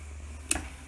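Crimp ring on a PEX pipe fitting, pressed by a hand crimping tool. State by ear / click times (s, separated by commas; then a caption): seated / 0.5 s. A large manual crimper is squeezed by hand to press a copper crimp ring onto a PEX water line fitting, with a low steady hum underneath. A single sharp click at 0.5 s, made by the crimper handle hitting the other side, marks the crimp as complete and the ring as seated.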